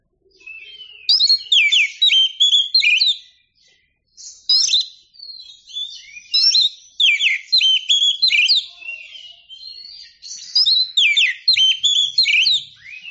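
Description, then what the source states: Oriental magpie-robin pouring out dense phrases of sharp whistles and chattery notes, repeated in loud bursts with brief quieter interludes. Champion singing bird.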